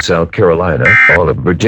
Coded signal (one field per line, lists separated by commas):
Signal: Emergency Alert System (SAME) tones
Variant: end-of-message bursts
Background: speech